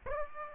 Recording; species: mosquito wingbeat signal from an infrared sensor; Aedes aegypti